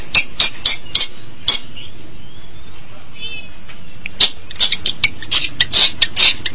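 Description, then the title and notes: Long-tailed Shrike calling in clipped harsh notes, with a short quiet gap holding a faint thin whistle, then a renewed scratchy chatter. Recorded March 2017. "Pentet 201703. Suara burung pentet"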